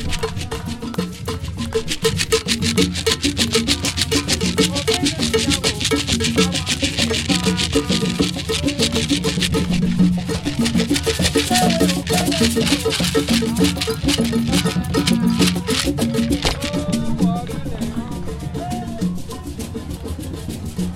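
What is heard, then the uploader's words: A large drum circle pounds away at a night festival, dense, fast and steady, with sharp hand strikes packed tightly throughout. Bright rattles and jingles sit over the low drums, while voices and crowd chatter mix in as the listener moves around. Walk around a large drum circle in San Francisco, California at the annual Day of the Dead festival, also known as Dia de los Muertos, at night. Recorded using cross-cutting stereo microphones for enhanced stereophonic effect. You can hear different instruments accented, and even the crowd and conversations. Walking around a drum circle.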